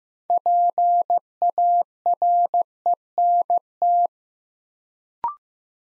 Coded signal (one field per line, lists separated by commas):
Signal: Morse code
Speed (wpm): 15 wpm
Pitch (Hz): 700 Hz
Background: none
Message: PARENT